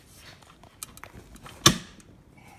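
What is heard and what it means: The repaired rear seat back of a 2007 Ford Edge, an EasyFold seat fitted with a new clip and release cable, is pushed back upright, with faint creaks and small ticks before its metal latch engages the striker on the seat frame. A sharp, loud snap at 1.7 s marks the latch locking into place, and the seat back is seated and locked.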